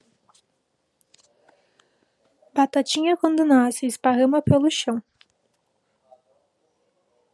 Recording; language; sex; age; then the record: short text; Brazilian Portuguese; female; 20 to 29 years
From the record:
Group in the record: control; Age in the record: 25 years